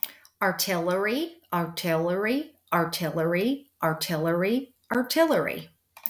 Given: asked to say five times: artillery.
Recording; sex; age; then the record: repeated word; female; 50 to 59 years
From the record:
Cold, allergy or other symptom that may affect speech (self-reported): no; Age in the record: 51 years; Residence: United States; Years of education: 18